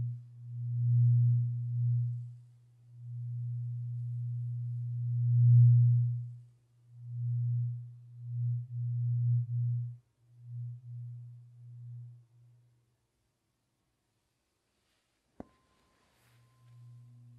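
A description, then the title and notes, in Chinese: A low, pure ringing tone from a tuning fork, crystal cup or singing bowl hums steadily for about six seconds, then pulses and breaks into shorter swells that fade out by twelve seconds. After a short silence, a sharp click near fifteen seconds precedes the low tone returning softly. 沉浸式音叉·水晶杯·颂钵。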